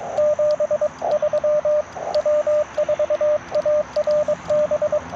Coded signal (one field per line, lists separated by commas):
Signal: Morse code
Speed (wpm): 22 wpm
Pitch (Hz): 600 Hz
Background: radio noise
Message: 73 W4ARB